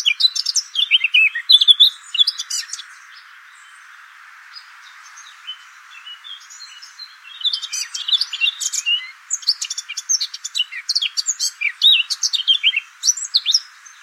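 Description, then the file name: Eurasian blackcap warbling rapidly, scratchy and fluty notes jumbled together, a lull after the opening phrase, then a long busy stretch. "Sylvia atricapilla"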